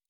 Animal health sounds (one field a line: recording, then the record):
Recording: hydrophone in a shrimp aquaculture tank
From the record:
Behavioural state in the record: normal